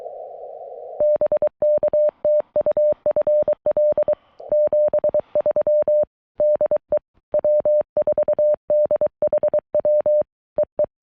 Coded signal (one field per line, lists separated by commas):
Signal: Morse code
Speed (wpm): 23 wpm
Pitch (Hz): 590 Hz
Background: none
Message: BK TU FL 73 DE W4DHW EE